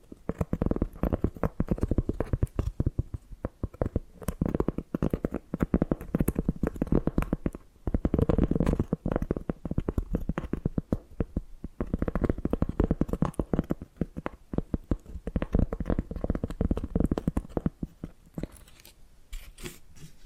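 Dense, rapid tapping and scratching continue throughout, with crowded clicks over a low rumbling texture and brief lulls near 7.5 and 18 seconds.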